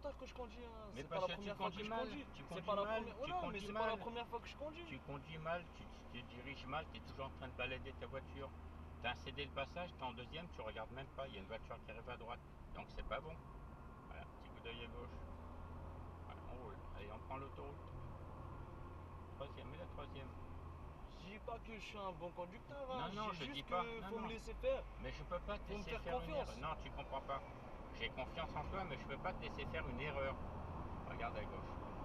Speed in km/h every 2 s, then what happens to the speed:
35, 38, 40, 41, 39, 37, 40, 44, 45, 43, 42, 41, 47, 57, 68, 76.
0-10 steady at about 38. 10-14 speeds up to 44. 14-23 steady at about 43. 23-32 speeds up to 76.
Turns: none.